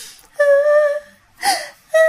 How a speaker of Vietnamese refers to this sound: Mà nó vang vọng nha các bạn, tiếng khóc này nó nho nhỏ nhưng mà nó lại vang vọng.